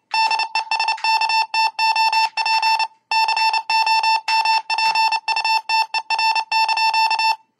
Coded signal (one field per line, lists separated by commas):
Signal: Morse code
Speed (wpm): 29 wpm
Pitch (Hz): 2650 Hz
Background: none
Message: DESKTOP COMPUTER)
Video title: W5UXH mbed Keyer Project Using USB keyboard